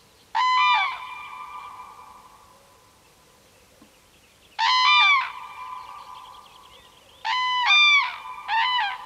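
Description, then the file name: Common crane calls, resonant trumpeting bursts separated by pauses, the last two coming close together. "sookurg"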